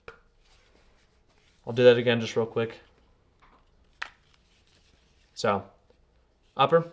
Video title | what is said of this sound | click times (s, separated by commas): AAP-01 Basic Disassembly (Part 1) - BOLT and UPPER RECEIVER | and push your lower on till it clicks. | 0.1 s